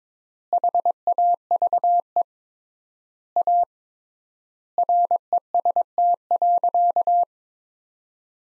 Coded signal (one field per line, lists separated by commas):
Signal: Morse code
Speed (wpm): 22 wpm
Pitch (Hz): 700 Hz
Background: none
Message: HAVE A REST.